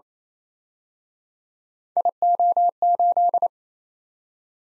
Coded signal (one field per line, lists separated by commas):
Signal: Morse code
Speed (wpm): 34 wpm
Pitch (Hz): 700 Hz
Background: none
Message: IO8